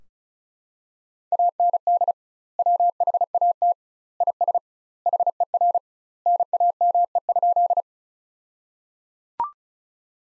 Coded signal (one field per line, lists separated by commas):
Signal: Morse code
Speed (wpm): 34 wpm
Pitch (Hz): 700 Hz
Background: none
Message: AND WHAT IS HER NAME?